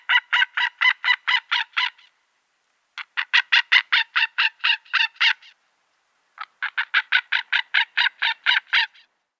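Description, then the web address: White-tailed eagle delivering three rapid bursts of harsh yelping notes, each about two to two and a half seconds long, separated by short silences. "Schulze Peter White-tailed Eagle"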